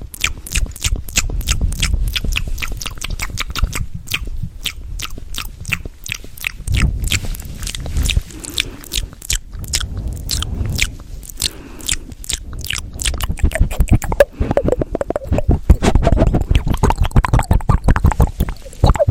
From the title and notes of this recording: ASMR Fast and Aggressive Mouth Sounds w Visuals.